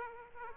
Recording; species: mosquito wingbeat signal from an infrared sensor; Aedes aegypti